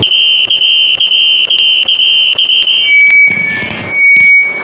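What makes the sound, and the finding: Simulated tinnitus sound from a device. Tinnitus simulation (high-pitched whistling).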